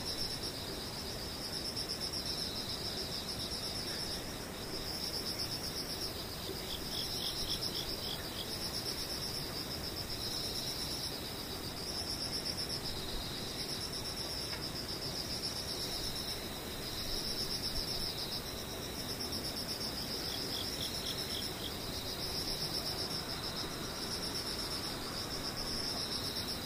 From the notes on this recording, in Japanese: ムシ